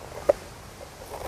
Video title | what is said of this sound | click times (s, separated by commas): Northern Life - September 13, 2023 | snap into place I think we did | 0.3 s